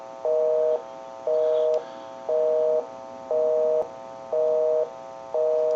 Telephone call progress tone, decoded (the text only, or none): busy tone